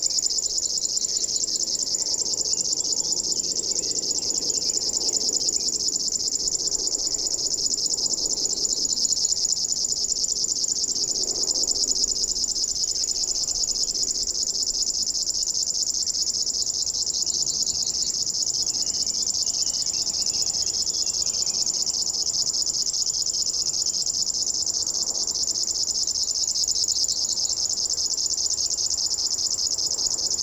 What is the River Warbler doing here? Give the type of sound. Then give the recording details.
song. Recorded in the wild. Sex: male. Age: adult. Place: Zepernick, Naturpark Barnim, Brandenburg, DE. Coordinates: 52.6568, 13.5086. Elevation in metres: 62. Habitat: willows. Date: 2014-06-01 07:29. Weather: sunny, 10°C, almost windless. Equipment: Sound Devices 702, Sennheiser MKH 70, Rycote Windschutz. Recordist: Frommolt, Karl-Heinz